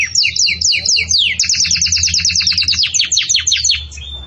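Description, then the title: Belgian canary singing a fast, steady series of repeated downward-sweeping chirps, delivered in quick rhythmic succession throughout. Belgian canary singing in the campainha (bell) song style, for tutoring chicks. "Belíssimo Canto Do Canário Belga Campainha Para Encarte De Filhotes"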